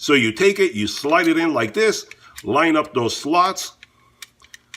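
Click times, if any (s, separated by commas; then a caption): 4.7 s. Someone talks while a spring-loaded clamp attachment is slid onto the nose of a Pulitou 12V one-handed reciprocating saw, with its slots lined up with the slots inside the tool. After the talking stops, a few small clicks follow, and the clamp snaps into place at 4.7 s, seated so that it is not coming out.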